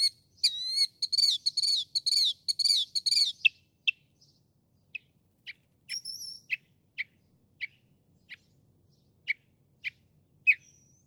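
Northern mockingbird song: a fast trilled phrase of high repeated notes followed by scattered single sharp chips and a brief thin high whistle.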